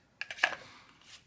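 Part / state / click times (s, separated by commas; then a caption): knife blade into plastic sheath / seated / 0.4 s. A Mora Companion fixed-blade knife is pushed into its molded plastic sheath, which has a drain hole in the bottom for water. A couple of light scraping ticks at 0.2 and 0.3 seconds lead into a sharp snap at 0.4 seconds as it seats, followed by a faint tick near 1.3 seconds. The knife snaps into place and sits tight in the sheath without rattling.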